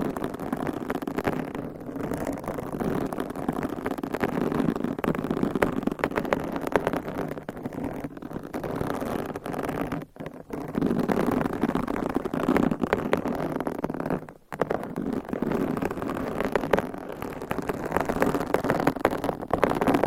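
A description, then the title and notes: Continuous scratching and rubbing directly on a microphone, a dense rasping texture that stays fairly steady and weighted toward the low and middle range. The scraping runs almost without pause, broken only by brief silences near ten and fourteen seconds. ASMR Mic Scratching - Brain Scratching with DIY Nails. No Talking.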